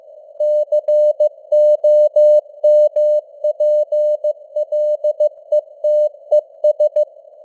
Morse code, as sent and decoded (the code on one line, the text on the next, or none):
-.-. --- -- .--. .-.. . - . ...
COMPLETES